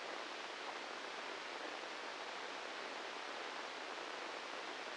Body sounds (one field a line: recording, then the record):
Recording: brain microelectrode recording played as sound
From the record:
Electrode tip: inside the subthalamic nucleus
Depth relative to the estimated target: -1 mm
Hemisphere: left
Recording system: NeuroSet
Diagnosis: Parkinson's disease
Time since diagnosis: 10 years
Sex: male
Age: 56 years